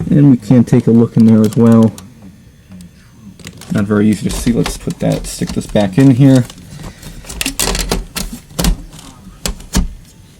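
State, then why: Seated. An IDE hard drive in its carrier is pushed back into the drive bay of a 2001 HP e-PC 42 small desktop computer, locking into place so it cannot come loose unless unlocked. Someone talks at first, then a series of plastic and metal knocks and clacks follow as the carrier slides in. A sharp click at 9.5 s marks it locking in.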